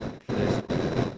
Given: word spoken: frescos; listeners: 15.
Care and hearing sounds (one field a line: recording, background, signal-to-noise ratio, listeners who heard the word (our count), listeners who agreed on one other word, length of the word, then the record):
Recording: one Spanish word in noise, from a listening test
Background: noise modulated by one talker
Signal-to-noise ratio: -9.6 dB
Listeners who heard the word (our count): 0 of 15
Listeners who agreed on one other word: 10 of 15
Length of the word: 0.78 s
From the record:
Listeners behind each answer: 10, 1, 1, 1, 1, 1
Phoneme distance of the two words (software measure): 7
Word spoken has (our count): 2 syllables, 7 phonemes, stress on syllable 1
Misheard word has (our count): 2 syllables, 6 phonemes, stress on syllable 1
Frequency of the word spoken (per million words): 9.79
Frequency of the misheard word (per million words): 22.88